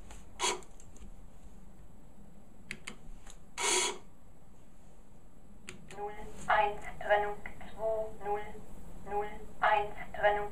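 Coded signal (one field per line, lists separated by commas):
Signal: numbers station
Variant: East German machine voice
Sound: mechanical clicks, then a synthetic voice speaking short, evenly spaced words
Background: mechanical clicking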